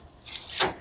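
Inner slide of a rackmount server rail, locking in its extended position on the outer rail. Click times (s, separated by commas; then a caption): 0.6 s. The metal inner slide of a Dell PowerEdge R720 rackmount server rail is pulled out along its outer rail, with a soft sliding sound and a small tick at about 0.4 s. It clicks sharply into its locked, extended position at 0.6 s. Once seated, it cannot be pushed back in without pressing the release.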